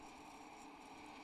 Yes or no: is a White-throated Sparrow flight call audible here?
no